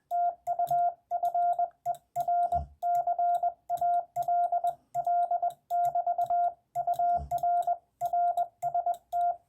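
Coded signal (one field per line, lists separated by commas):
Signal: Morse code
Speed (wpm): 20 wpm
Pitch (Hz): 700 Hz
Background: radio noise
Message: TU FER CALL <BT> UR RST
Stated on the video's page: CW contacts, ragchews and POTA operating.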